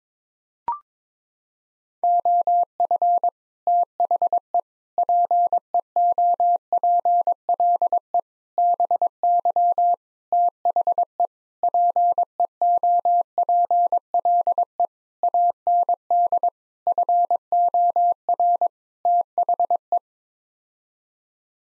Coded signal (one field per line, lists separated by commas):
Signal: Morse code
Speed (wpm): 22 wpm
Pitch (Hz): 700 Hz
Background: none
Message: OF THE PEOPLE BY THE PEOPLE AND FOR THE